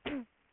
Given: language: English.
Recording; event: throat vibration sensor signal played as sound; cough